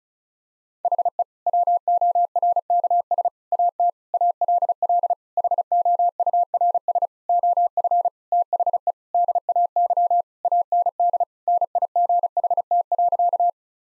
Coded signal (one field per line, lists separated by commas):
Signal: Morse code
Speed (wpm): 36 wpm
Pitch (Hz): 700 Hz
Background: none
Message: HE WORKS AT ALL HOURS OF THE DAY AND NIGHT.